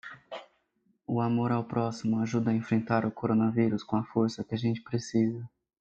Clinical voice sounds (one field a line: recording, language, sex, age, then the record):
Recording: spoken sentence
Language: Brazilian Portuguese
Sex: male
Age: 20 to 29 years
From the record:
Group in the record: control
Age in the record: 27 years